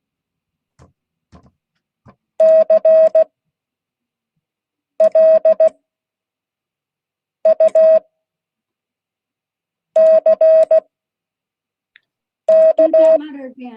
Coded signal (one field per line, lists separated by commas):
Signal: Morse code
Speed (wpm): 16 wpm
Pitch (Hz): 640 Hz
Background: speech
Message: CLUCK